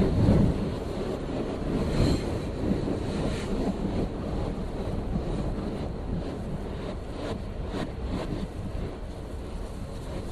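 A 3 train runs between Clark Street and Atlantic Avenue with a dense, steady roar of low rumble and rushing air. It's slightly louder in the first two seconds, and brief rattling clicks flicker through around the middle and near the end.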